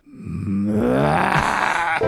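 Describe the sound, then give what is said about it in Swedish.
A roe deer bellows in one long, loud, hoarse groan lasting about two seconds, its pitch rising partway through before cutting off abruptly. No one speaks. “Rådjur låter så jävla läskigt när de brölar.”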